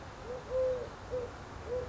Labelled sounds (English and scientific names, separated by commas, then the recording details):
Eurasian Collared Dove (Streptopelia decaocto)
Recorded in Sonoma County, California